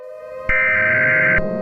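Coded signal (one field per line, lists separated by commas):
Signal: Emergency Alert System (SAME) tones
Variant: header bursts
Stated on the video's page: Fictional EAS scenario about diamond transformation.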